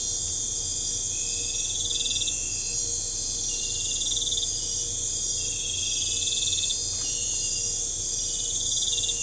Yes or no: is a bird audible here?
no